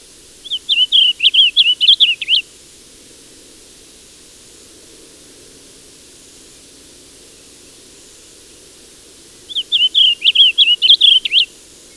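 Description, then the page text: Blue grosbeak song: two short, hurried warbling phrases of slurred, jumbled notes, the second about nine seconds after the first, with quiet hiss between. "Blue Grosbeak. Audio (M. Oberle)"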